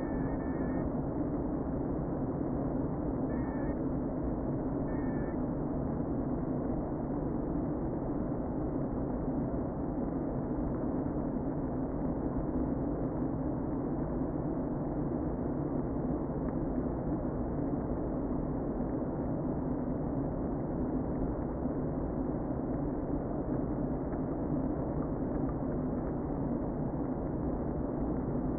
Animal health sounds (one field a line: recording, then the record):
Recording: honeybee colony, microphone inside the hive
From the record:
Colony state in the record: queen present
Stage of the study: before two queens were removed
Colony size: about 60,000 bees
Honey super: yes